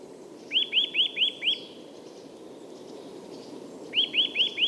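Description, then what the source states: Eurasian nuthatch sings two fast runs of clear upswept whistles, five notes then four, separated by a pause, over soft continuous low-pitched background noise. Bird singing and displaying in woods north of Stockholm, Sweden, in winter, stopping and starting.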